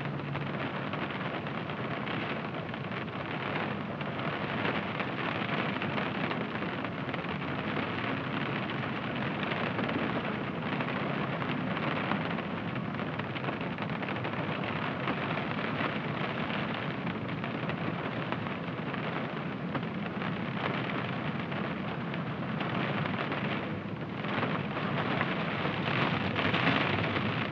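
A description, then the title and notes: Rain falls steadily on a car roof, a dense, even patter that fills the whole stretch without letup. A low rumble sits underneath, and the drumming swells slightly louder near the end, around twenty-four seconds onward. Calming Rain on your Car Roof in the Evening.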